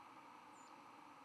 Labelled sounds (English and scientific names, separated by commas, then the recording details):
White-throated Sparrow (Zonotrichia albicollis) flight call
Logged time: 04:13 on 11 November 2014